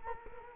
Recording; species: mosquito wingbeat signal from an infrared sensor; Culex quinquefasciatus